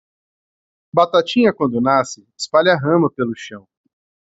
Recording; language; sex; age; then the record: short text; Brazilian Portuguese; male; 30 to 39 years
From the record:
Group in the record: control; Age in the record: 35 years